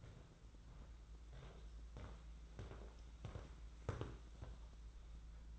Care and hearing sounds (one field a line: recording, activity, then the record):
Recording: daily activity, microphone in the room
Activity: walk to room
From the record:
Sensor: 3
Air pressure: 992.0 hPa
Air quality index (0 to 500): 226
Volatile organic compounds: 1000 ppm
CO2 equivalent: 7775 ppm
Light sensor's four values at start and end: 25/76/31/26 and 25/74/31/26